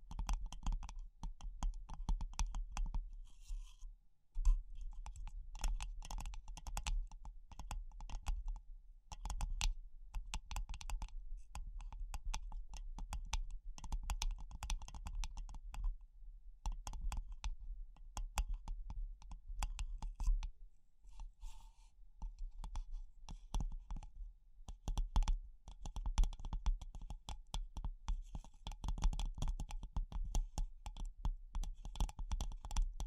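Fingers tap rapidly on a hard surface, producing dense bursts of sharp clicks that speed up and slow down throughout. Brief pauses break the flow near 4, 16 and 21 seconds, and a low steady hum runs underneath.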